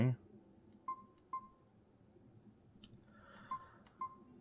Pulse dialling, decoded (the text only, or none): none